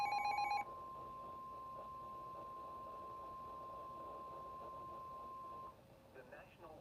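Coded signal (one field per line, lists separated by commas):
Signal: Emergency Alert System (SAME) tones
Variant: 1050 Hz attention tone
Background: speech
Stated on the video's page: Alerts received from NOAA Weather Radio stations and numerous FM and AM broadcast stations; some recordings are end-of-message tones only.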